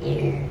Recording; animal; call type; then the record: contact call of a hoofed animal; pig; closed-mouth grunt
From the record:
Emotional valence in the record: negative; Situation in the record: short social isolation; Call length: 0.51 s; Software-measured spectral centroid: 1350 Hz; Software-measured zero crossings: 720 a second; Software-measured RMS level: -24 dBFS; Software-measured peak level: -12 dBFS